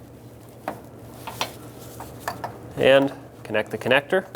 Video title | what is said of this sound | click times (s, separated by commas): How to Replace Headlight Bulbs 2006-2011 Honda Civic | once it pops in turn it clockwise until it clicks | 1.4 s